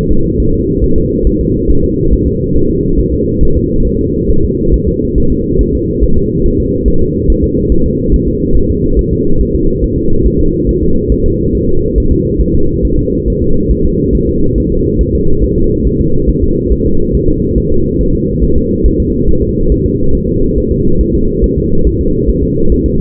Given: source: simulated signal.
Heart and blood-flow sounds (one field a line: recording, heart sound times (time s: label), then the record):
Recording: fetal heart sounds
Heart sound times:
0.11 s: S2
0.40 s: S1
0.54 s: S2
0.84 s: S1
0.98 s: S2
1.27 s: S1
1.41 s: S2
1.70 s: S1
1.84 s: S2
2.13 s: S1
2.27 s: S2
2.56 s: S1
2.70 s: S2
3.00 s: S1
3.14 s: S2
3.43 s: S1
3.57 s: S2
3.87 s: S1
4.01 s: S2
4.31 s: S1
4.45 s: S2
4.74 s: S1
4.88 s: S2
5.18 s: S1
5.32 s: S2
5.61 s: S1
5.75 s: S2
6.04 s: S1
6.18 s: S2
6.46 s: S1
6.60 s: S2
6.88 s: S1
7.02 s: S2
7.30 s: S1
7.44 s: S2
7.72 s: S1
7.86 s: S2
8.14 s: S1
8.28 s: S2
8.56 s: S1
8.71 s: S2
8.99 s: S1
9.13 s: S2
9.41 s: S1
9.55 s: S2
9.84 s: S1
9.98 s: S2
10.26 s: S1
10.41 s: S2
10.69 s: S1
10.83 s: S2
11.12 s: S1
11.26 s: S2
11.55 s: S1
11.69 s: S2
11.98 s: S1
12.12 s: S2
12.41 s: S1
12.55 s: S2
12.85 s: S1
12.99 s: S2
13.28 s: S1
13.42 s: S2
13.71 s: S1
13.86 s: S2
14.15 s: S1
14.29 s: S2
14.58 s: S1
14.72 s: S2
15.01 s: S1
15.15 s: S2
15.44 s: S1
15.58 s: S2
15.87 s: S1
16.01 s: S2
16.30 s: S1
16.44 s: S2
16.72 s: S1
16.86 s: S2
17.15 s: S1
17.29 s: S2
17.58 s: S1
17.72 s: S2
18.01 s: S1
18.15 s: S2
18.44 s: S1
18.58 s: S2
18.86 s: S1
19.00 s: S2
19.29 s: S1
19.43 s: S2
19.72 s: S1
19.86 s: S2
20.15 s: S1
20.29 s: S2
20.58 s: S1
20.72 s: S2
21.01 s: S1
21.15 s: S2
21.44 s: S1
21.58 s: S2
21.87 s: S1
22.01 s: S2
22.29 s: S1
22.44 s: S2
22.72 s: S1
22.86 s: S2
From the record:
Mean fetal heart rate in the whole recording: 140 bpm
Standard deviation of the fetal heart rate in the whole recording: 2 bpm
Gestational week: 34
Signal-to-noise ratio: -17.7 dB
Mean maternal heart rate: 72 bpm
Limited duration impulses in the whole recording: present